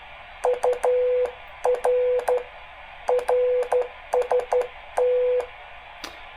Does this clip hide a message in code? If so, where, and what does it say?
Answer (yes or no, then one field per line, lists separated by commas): yes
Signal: Morse code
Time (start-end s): 0.5-5.4 s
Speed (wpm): 12 wpm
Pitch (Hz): 500 Hz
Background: none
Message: UR RST